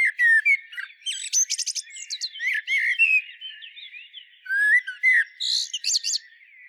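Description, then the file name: Common blackbird pouring out dense warbled whistles mixed with squeaky, buzzy high notes, almost without pause. "Turdus merula"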